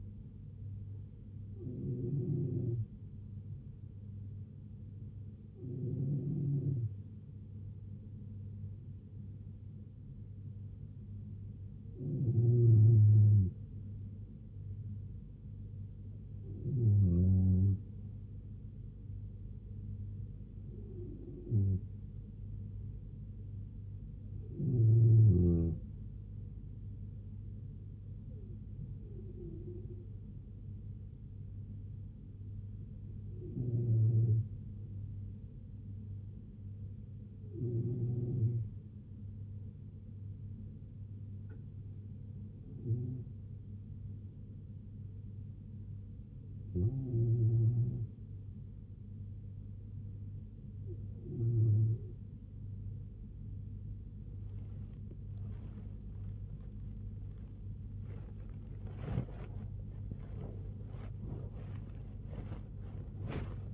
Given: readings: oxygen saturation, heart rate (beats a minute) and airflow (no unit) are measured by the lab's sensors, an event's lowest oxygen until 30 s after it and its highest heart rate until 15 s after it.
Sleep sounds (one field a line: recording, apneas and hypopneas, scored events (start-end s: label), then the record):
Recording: breathing in sleep by a smartphone at the bedside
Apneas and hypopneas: none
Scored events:
none scored
From the record:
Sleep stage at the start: N2 (light sleep)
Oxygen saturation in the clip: 94 to 95%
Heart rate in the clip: 72 to 77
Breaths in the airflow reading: 16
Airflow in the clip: -6.1 to 4.9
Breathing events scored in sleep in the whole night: 158 in 7.3 hours asleep